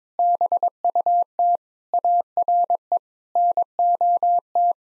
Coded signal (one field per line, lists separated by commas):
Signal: Morse code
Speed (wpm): 22 wpm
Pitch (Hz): 700 Hz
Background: none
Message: BUT ARE NOT